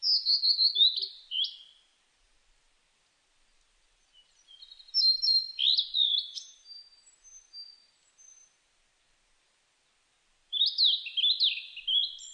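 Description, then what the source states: Blue-and-white flycatcher song: three bursts of clear, high whistled phrases with slurred notes, separated by silent pauses of two to three seconds. Recorded 23 May 2004.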